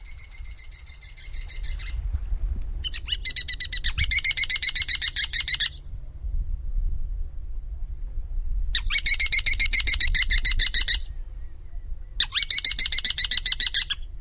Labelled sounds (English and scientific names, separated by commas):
Ruddy Turnstone (Arenaria interpres) call